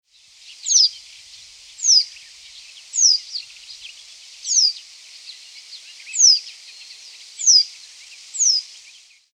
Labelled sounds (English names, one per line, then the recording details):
Reed Bunting
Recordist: Tembrock, Günter
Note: Rufe